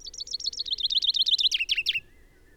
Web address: SETE Fringilla coelebs